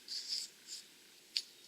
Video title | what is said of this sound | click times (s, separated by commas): Rebuilding A Classic Bronco Saginaw Steering Box | you're gonna there we go you got it slid in and it pops right in and then | 1.4 s